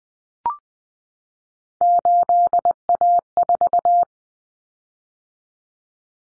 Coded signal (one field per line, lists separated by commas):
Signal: Morse code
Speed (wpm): 20 wpm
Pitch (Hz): 700 Hz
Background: none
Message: 8A4